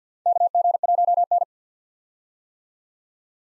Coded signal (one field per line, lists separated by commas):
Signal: Morse code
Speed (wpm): 47 wpm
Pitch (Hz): 700 Hz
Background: none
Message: KG1N